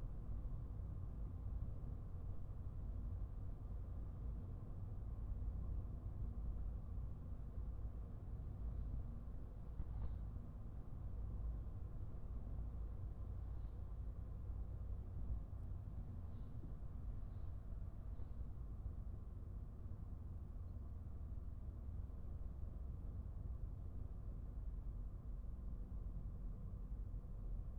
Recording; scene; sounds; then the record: everyday scene through a hearing-aid microphone; in a vehicle; engine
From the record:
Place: Skoda Fabia, gasoline engine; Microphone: behind the ear, right, front